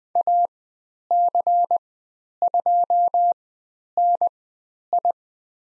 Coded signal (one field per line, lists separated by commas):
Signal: Morse code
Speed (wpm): 20 wpm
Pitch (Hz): 700 Hz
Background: none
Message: AC2NI